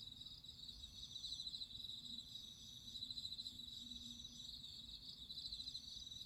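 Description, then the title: Crickets trilling continuously in a high, dense chorus, with brief swelling pulsed phrases and a faint low hum underneath. Crickets singing at midnight. "Listen to nature crickets singing at midnight"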